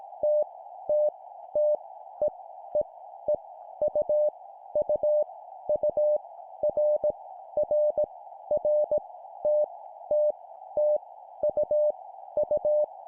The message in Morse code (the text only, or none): T T T E E E U U U R R R T T T U U